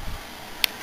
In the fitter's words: and it just snaps into place there so now you have